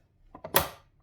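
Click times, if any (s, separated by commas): 0.6 s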